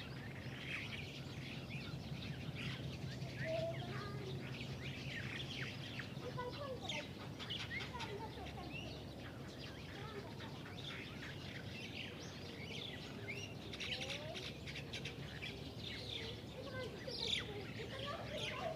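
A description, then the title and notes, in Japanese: A big tree in a park full of many kinds of birds, their chirps and calls overlapping densely and without pause for the whole stretch. Bright, rapid tweets dominate, over a steady low hum in the background, with faint voices now and then. 公園、鳥がいっぱい。公園にある大きな木にいろんな種類の鳥が集まっていました。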